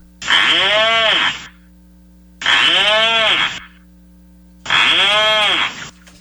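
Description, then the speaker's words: Rhinoceros Auklet calls: three drawn-out, nasal, bleating groans, each lasting about a second and arching in pitch, repeated roughly every two seconds. Small seabird; its call sounds surprisingly like a rhinoceros's. "here's the sound of a rhinoceros auklet."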